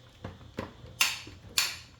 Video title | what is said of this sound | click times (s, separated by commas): Real-Life Review of Shark CarpetXpert EX205 Deep Carpet Cleaner w/ StainStriker Costco Item 1747379 | Clicks twice. | 1.0 s, 1.6 s